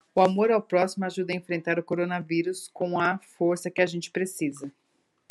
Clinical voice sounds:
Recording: spoken sentence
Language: Brazilian Portuguese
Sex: female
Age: 50 to 59 years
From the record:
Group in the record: control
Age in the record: 51 years

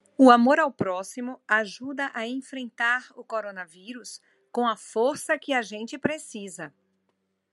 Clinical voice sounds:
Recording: spoken sentence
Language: Brazilian Portuguese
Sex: female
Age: 50 to 59 years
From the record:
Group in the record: control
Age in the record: 58 years

